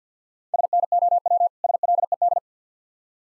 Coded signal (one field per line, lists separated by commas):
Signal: Morse code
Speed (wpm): 50 wpm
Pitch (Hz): 700 Hz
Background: none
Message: SNOW SLED